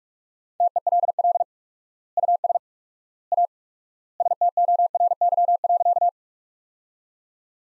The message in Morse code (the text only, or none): TELL US A STORY.